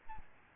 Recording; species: mosquito wingbeat signal from an infrared sensor; Aedes albopictus